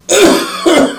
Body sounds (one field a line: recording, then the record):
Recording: coughing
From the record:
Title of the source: Residual Phlegmy Morning Coughing and Gagging